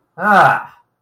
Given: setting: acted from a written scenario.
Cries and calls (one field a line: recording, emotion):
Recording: vocal sound without words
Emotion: relief